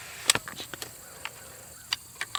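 Two cocking-rope handles are pulled to draw a crossbow string back until it catches in the trigger latch, with a sharp click at 0.3 s. A few more brief taps and clicks follow at about 0.4, 1.9, 2.2 and 2.4 s over a quiet background. The string is latched and the crossbow is cocked.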